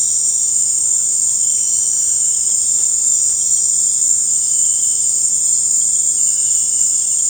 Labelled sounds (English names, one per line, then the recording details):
none
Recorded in dense forest near Puerto Asís, Putumayo, Colombia, on 21 December 2024 at 18:30
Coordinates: 0.481, -76.323
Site G100